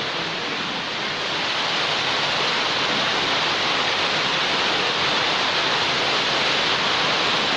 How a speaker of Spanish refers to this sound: Un poco hacia adentro, hermano, porque la lluvia puede caer más de cerca. Gracias a Dios por esta lluvia.